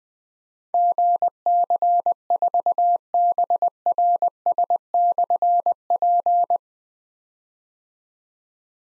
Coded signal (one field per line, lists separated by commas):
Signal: Morse code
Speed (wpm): 20 wpm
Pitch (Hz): 700 Hz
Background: none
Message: GC4BRS/P